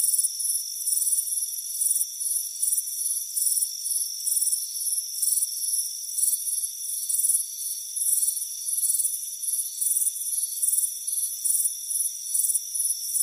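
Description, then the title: Cricket chirps, shrill trilled pulses recurring regularly, layered over constant high-pitched ringing. Warm afternoon on a front porch. "Soothing Crickets Chirping Sound"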